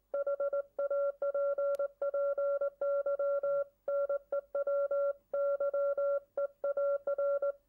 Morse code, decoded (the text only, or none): HAPPY NEW YEAR